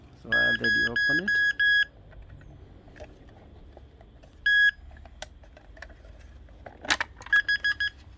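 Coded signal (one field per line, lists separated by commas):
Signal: Morse code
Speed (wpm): 15 wpm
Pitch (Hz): 1650 Hz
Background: speech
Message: 0 T H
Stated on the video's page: Morse tutor device, Datong D70 made in England.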